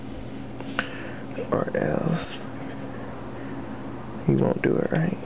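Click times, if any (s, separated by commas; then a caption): 0.8 s. While threading a 4-thread serger, the thread guide or lever is pushed to hit a small neck inside the machine and clicks sharply into place at 0.8 s. Someone talks before and after the click, and the mechanism is confirmed seated.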